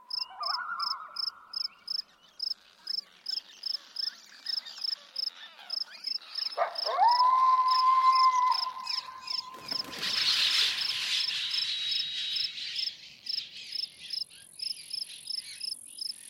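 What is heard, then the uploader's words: Steady, evenly spaced high chirps, about three per second, run through the whole stretch like an insect or small frog chorus. Lower drawn-out whistles come in near the start and again from about six to ten seconds, followed by a brief rushing burst and a thin high whine at the end. Bird, insect, mammal, and amphibian sounds and select soundscapes from the Pacific Northwest.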